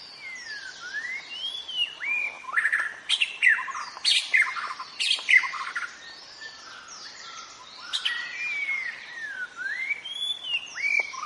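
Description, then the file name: White-rumped shama song with looping whistled notes rising and falling, interrupted by loud rasping chatter bursts, varied and continuous. In forest. "suara muraibatu hutan omkicau"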